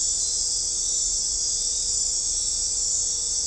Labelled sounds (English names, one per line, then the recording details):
none
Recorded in dense forest near Puerto Asís, Putumayo, Colombia, on 16 December 2024 at 00:30
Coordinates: 0.499, -76.324
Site G045